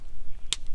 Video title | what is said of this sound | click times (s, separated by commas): DIY Off Grid Solar: Assemble & Wire a Combiner Box (Part 4) | this in and you just push on it until it clicks like that | 0.5 s